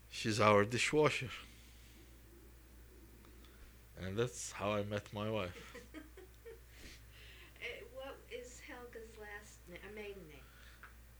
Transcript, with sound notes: She's our dishwasher." And that's how I met my wife.
( she laughs ) What is Helga's last, maiden name?